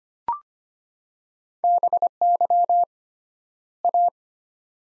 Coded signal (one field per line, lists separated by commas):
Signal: Morse code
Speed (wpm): 25 wpm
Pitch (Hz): 700 Hz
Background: none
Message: BY A